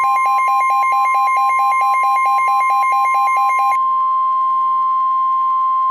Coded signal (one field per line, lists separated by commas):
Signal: Emergency Alert System (SAME) tones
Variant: 1050 Hz attention tone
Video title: EAS Scenario - Planet Killer